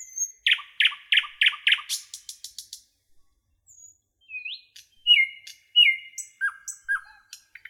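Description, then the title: Nightingale song: a series of loud rapid notes and a high buzzy trill, a quiet gap, then whistled and slurred notes repeated in pairs. "A Beautiful Nightingale Song"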